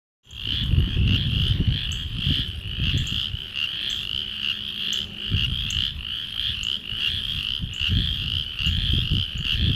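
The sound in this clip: Frogs calling in a dense chorus, a steady shrill trilling band overlaid with rhythmic pulses, with low rumbling noise bursts underneath.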